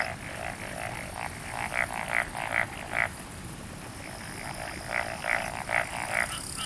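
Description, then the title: Frogs giving spaced croaks, short raspy pulses in loose bursts of three or four separated by quieter gaps, over a steady background hiss. "Summer Japan, Hokkaido. Night Paddy's frogs. 夜の水田のカエル"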